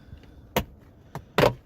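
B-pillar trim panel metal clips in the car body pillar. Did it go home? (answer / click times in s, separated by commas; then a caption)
released / 0.6 s, 1.4 s. A plastic B-pillar trim panel on a Tesla Model S is pulled off the car body pillar by hand. Its two metal retaining clips snap loose with sharp, broadband cracks at 0.6 s and 1.4 s, with a smaller click between them. The trim is released.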